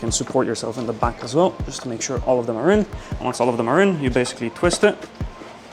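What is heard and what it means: An extraction fan, its knobs lined up with the grooves of a grow tent's ducting flange, is being pushed in and supported from behind, ready to be twisted. Someone talks throughout the clip. Nothing has seated or clicked yet.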